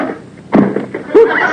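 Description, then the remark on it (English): A person drops to the floor as a chair at a restaurant table is pulled out too far, a sudden heavy thump followed by scraping and a second, sharper knock, with no talking. “Oops. Pulled it too far.”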